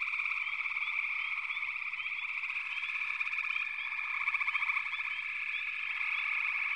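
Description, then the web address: Frogs chorus continuously, an even trilling hum dotted with short rising chirps, a brief louder pulsed trill past the middle. "Nature Songs Nature Sounds Sounds of Nature Collection 54 Froggies"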